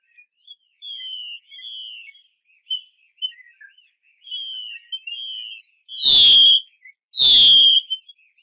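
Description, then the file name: Chinese hwamei song: slurred descending whistles and short varied notes, broken by two loud, full, drawn-out notes. Female bird; 'mái xùy' call type. "Tieng chim hoa mi mai xuy"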